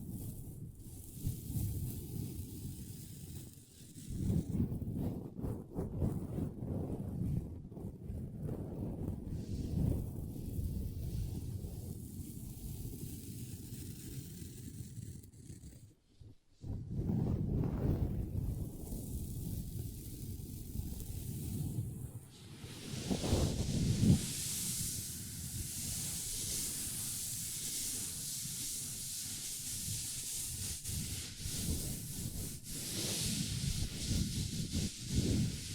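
Long nails scratch and tap on a tabletop in a dense, continuous run of rubbing strokes, low and grainy, broken by a short silent pause near 16 seconds. From about 23 seconds a brighter, hissy scraping layer joins the lower scratching and holds to the end.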